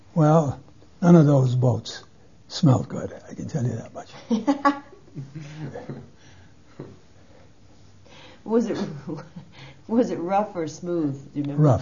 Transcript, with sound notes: Well none of those boats smelled good, I can tell you that much.
(laughs) Was it - was it rough or smooth, do you remember?